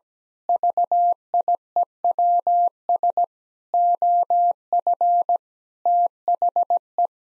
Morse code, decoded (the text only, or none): VIEWS OF THE